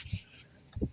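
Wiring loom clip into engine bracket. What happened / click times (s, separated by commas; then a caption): The wiring clip is handled but has not clicked home yet / none. A wiring loom clip on a Ford S-Max 2.0 TDCi is being handled back into its plastic holder on the engine bracket after an electric thermostat replacement for fault codes P0113, P012F, P0217, P26A6 and P0118. Two short low-pitched knocks are heard, a softer one near 0.1 s and a louder one near 0.8 s, over quiet background noise. Nothing has seated or clicked into place yet.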